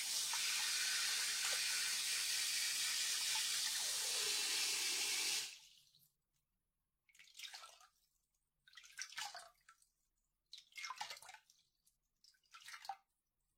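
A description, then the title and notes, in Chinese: Dry shampoo sprays onto hair in a long steady hiss for five seconds, then stops and returns as four short, separated bursts. 发廊小姐姐为你的头发做干洗。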